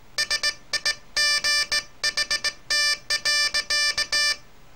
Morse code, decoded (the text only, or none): SIGHT.